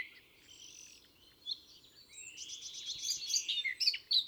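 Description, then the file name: Eurasian blackcap warbling, a soft scratchy start building into a loud rich run of varied whistled notes near the end. "Sylvia atricapilla"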